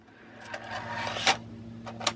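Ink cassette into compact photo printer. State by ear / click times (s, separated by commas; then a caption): seated / 2.1 s. A plastic ink cassette is tilted, slid into the side slot of a Canon Selphy 1300 compact photo printer, and pushed in, with a rising scraping slide and bumps near 1.3 s and 1.9 s. A sharp click at 2.1 s marks the cassette seating.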